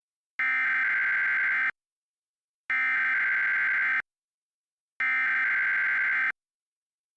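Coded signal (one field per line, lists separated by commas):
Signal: Emergency Alert System (SAME) tones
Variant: header bursts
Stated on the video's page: Fictional EAS scenario alert about a US invasion of Canada.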